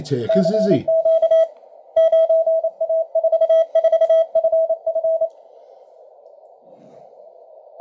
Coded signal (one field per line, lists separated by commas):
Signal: Morse code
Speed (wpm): 28 wpm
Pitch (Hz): 650 Hz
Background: speech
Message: CQ 9A44FF